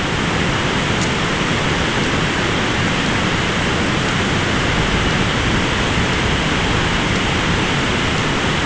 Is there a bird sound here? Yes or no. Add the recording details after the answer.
no. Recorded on Arctic tundra, site ZACK-1, on 14 June 2019. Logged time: 23:49